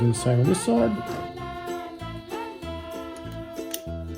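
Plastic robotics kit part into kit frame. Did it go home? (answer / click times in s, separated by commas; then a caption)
yes / 3.7 s. Someone talks over background music while a plastic robotics-kit part is pressed into the kit frame on the second side, the same way as on the first side. A sharp, short click sounds at 3.7 s as the part seats in place.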